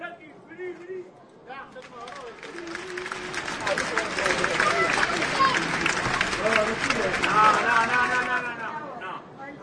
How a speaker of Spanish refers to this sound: Y para ellos entonces un aplauso. Un gran aplauso.